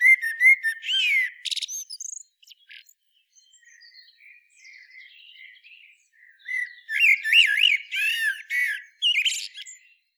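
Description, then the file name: Common blackbird song, loud bursts of varied warbling and high squeaky twitters, a quieter soft stretch in the middle, then louder chattering phrases again. "Turdus merula"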